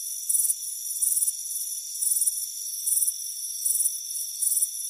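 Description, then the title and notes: Cricket chirping: high trilled pulses in regular bursts, over a steady high-pitched hum. Warm afternoon, front porch. "Soothing Crickets Chirping Sound. It's a warm afternoon as you relax in a hammock on the front porch"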